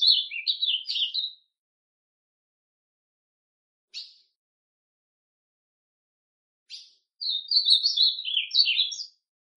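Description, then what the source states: Ultramarine grosbeak song: two warbled phrases, one at the start and one near the end, with single sharp chip notes in the quiet gap between. Classic song style.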